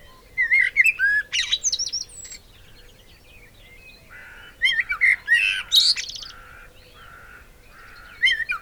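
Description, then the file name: Eurasian blackbird singing mellow whistled phrases mixed with squeaky, scratchy high notes, with quiet gaps between bursts. "Turdus merula"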